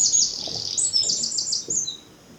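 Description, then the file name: Eurasian wren song: a loud, very high, fast burst of sharp notes and rattling trills, delivered without pause and fading at the end. "Troglodytes troglodytes"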